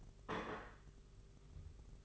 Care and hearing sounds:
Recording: daily activity, microphone in the room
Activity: place plate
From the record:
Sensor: 4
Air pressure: 991.6 hPa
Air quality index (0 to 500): 128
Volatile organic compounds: 37 ppm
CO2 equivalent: 3103 ppm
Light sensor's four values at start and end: 20/65/24/24 and 20/65/24/24

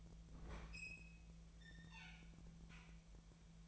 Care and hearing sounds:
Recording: daily activity, microphone in the room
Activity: open fridge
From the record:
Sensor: 1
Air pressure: 1009.7 hPa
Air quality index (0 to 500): 192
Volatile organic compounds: 18 ppm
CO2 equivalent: 2635 ppm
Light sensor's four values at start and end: 33/85/35/43 and 33/85/35/43

